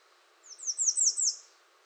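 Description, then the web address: American redstart song: five thin, high notes, each slurring downward, delivered quickly in under a second. Recorded 21 June 2019. "soundrecordings 2019-06-21 American Redstart"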